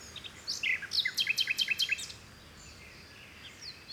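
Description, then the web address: Bird song: a rapid burst of bright, evenly spaced chirps, then fainter scattered whistles over soft background noise. Mediterranean forest by the sea in Greece, early morning in spring. "2019-Game Audio Bundle West Wolf - Seaside Nature And Waves - Nature Forest Birds Wind Early Morning Spring Distant Sea Mediterranean Grece"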